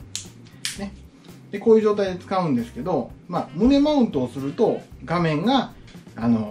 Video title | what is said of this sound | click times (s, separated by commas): 3Dプリンターを使って作った『新型のOsmoPocket用品』をご紹介です(*^-^*)／#165 | パチッとはめるような感じね | 0.2 s